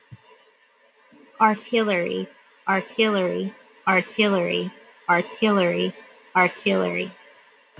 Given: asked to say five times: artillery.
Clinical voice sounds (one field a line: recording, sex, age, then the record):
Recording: repeated word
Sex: female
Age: 30 to 39 years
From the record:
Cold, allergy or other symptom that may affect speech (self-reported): no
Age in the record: 30 years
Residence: Tennessee, United States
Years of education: 13